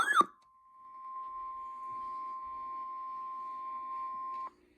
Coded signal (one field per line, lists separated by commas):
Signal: Emergency Alert System (SAME) tones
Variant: 1050 Hz attention tone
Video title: MARCH OF THE MEDIOCRE MODERATE - EAS Alerts from 3/16/26 || EAS 2,054-2,085